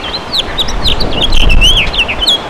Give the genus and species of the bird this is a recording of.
Haemorhous mexicanus